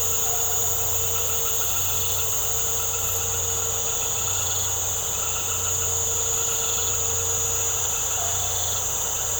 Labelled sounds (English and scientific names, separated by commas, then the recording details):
none
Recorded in secondary vegetation near Puerto Asís, Putumayo, Colombia, on 13 March 2025 at 19:30
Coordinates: 0.468, -76.324
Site G059